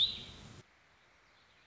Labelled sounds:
Warbling Vireo (Vireo gilvus)
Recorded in Sonoma County, California

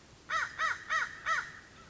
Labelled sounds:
American Crow (Corvus brachyrhynchos)
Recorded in Sonoma County, California

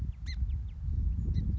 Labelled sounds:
Song Sparrow (Melospiza melodia)
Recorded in Sonoma County, California

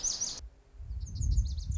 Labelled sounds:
Lazuli Bunting (Passerina amoena)
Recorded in Sonoma County, California

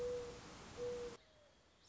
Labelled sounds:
Mourning Dove (Zenaida macroura)
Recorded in Sonoma County, California

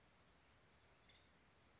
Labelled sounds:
Nuttall's Woodpecker (Dryobates nuttallii)
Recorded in Sonoma County, California

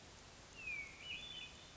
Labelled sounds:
Hermit Thrush (Catharus guttatus)
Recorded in Sonoma County, California

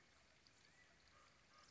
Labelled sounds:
California Quail (Callipepla californica)
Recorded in Sonoma County, California

